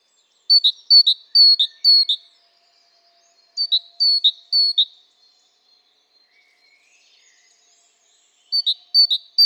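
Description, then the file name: Great tit calling in three bursts of three or four sharp two-note high chirps, each burst up to about two seconds long, with quiet gaps between. "Parus major"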